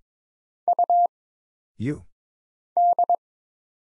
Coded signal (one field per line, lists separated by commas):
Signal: Morse code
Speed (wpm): 22 wpm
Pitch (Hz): 700 Hz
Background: none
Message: U D